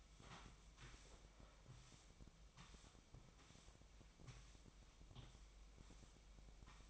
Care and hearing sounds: daily activity, microphone in the room; sweep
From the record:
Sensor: 1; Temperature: 24.7 degrees Celsius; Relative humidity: 39.7%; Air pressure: 1001.6 hPa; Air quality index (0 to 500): 220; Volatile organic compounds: 29 ppm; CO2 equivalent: 2933 ppm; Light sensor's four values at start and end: 8/30/10/12 and 8/30/10/12

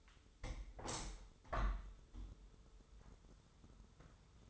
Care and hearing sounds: daily activity, microphone in the room; open window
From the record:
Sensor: 3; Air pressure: 995.7 hPa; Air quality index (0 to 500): 98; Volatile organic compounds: 14 ppm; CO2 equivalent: 2449 ppm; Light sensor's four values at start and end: 27/83/35/30 and 28/83/35/30

